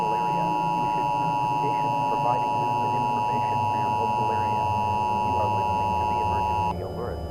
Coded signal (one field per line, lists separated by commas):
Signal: Emergency Alert System (SAME) tones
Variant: 853 and 960 Hz attention tone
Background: speech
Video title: Texas EAS Alarm (MOCK)